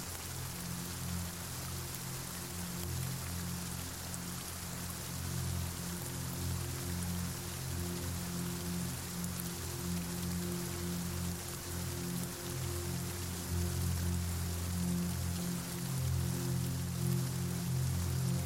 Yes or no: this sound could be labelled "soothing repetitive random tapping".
no